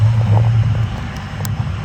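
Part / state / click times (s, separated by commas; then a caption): plastic locking zip tie on the sending unit locking ring / seated / 0.4 s, 1.5 s. A special locking plastic zip tie is pushed down onto the locking ring of a Duramax LML DEF sending unit during a reductant heater, sending unit and reservoir replacement. Two sharp clicks are heard at 0.4 s and 1.5 s over a steady low hum, and the tie is seated and holds on the ring.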